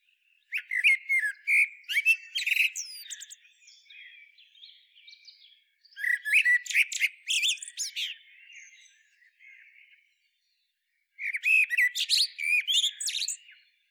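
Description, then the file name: Common blackbird repeating its song three times: each phrase begins with mellow fluting and finishes in a jumble of high squeaky notes, with short pauses between. "Turdus merula"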